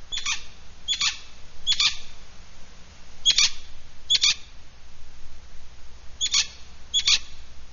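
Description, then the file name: Hispaniolan parrot calling with several rough, grating squawks, spaced irregularly with pauses of under a second to about two seconds. Local name Cotorra. "Amazona ventralis - Cotorra"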